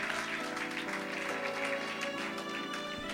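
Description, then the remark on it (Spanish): An audience claps their hands for the Lord steadily for several seconds, a dense, continuous patter of many hands over sustained musical tones, with no voices standing out. “Y se las palmas al Señor, désela, porque Cristo vive y para siempre es su misericordia.”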